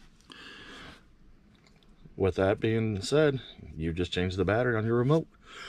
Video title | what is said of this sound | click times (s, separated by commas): How to replace a 2019 GMC Canyon 3 Button Keyless Remote Battery | and you'll hear it snap | 0.3 s